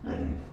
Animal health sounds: pig call; growing-finishing pig (85 days or more)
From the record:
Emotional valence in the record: negative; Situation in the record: barren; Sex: female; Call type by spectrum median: low-frequency call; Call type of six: low-frequency stable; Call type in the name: low-frequency stable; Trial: 1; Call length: 0.53 s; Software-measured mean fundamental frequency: 64 Hz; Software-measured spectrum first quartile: 103 Hz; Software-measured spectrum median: 233 Hz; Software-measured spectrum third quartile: 411 Hz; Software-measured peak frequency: 257 Hz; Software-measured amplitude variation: 147 dB a second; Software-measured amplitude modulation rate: 31.9 a second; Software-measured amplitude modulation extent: 4.6 dB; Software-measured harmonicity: -1.2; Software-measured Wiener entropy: -0.07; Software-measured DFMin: 1116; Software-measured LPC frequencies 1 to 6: 314, 1661, 2462, 2932, 3731, 4966 Hz

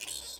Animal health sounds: pig call; piglet (1 to 25 days)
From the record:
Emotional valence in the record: negative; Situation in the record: castration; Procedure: castration, cut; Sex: male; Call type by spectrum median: high-frequency call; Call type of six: high-frequency stable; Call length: 0.41 s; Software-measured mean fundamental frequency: 397 Hz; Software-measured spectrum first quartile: 3565 Hz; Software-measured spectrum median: 5862 Hz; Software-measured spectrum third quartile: 8507 Hz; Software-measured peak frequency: 4217 Hz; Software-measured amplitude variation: 153 dB a second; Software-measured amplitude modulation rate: 20.9 a second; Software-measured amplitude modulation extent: 7.3 dB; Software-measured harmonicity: 1.8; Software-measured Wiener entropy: -1.48

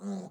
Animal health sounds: pig call; piglet (1 to 25 days)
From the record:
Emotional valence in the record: negative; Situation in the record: short isolation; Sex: male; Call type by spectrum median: low-frequency call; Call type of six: low-frequency modulated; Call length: 0.31 s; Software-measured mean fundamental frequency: 48 Hz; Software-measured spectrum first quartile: 196 Hz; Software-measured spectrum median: 275 Hz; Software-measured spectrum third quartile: 736 Hz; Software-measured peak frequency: 196 Hz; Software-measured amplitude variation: 130 dB a second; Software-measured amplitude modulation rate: 14.5 a second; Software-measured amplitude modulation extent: 8.9 dB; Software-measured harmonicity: 9.7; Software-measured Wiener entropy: -0.45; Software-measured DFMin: 1238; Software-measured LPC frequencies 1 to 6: 4168, 5241, 6175, 7022, 8108, 9883 Hz

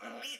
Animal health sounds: pig call; piglet (1 to 25 days)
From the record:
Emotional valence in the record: negative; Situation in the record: restrain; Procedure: in the arms of a person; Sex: female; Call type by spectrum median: low-frequency call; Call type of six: mixed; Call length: 0.39 s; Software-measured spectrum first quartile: 857 Hz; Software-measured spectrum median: 2293 Hz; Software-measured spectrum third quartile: 3428 Hz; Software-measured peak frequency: 2991 Hz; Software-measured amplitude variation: 107 dB a second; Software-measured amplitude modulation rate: 14.0 a second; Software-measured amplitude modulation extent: 7.7 dB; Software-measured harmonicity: 2.6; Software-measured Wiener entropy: -1.42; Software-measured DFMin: 781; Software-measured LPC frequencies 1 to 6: 623, 1414, 2362, 2978, 5125, 5859 Hz

